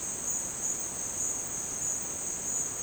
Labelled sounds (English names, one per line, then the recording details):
none
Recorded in dense forest near Puerto Asís, Putumayo, Colombia, on 27 June 2025 at 15:30
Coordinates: 0.484, -76.317
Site G045